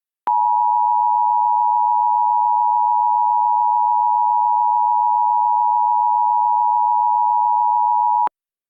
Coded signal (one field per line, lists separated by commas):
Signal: Emergency Alert System (SAME) tones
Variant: 853 and 960 Hz attention tone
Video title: EAS Reenactment Mock: "Would you. Could You. On A Train?" - 09/27/2016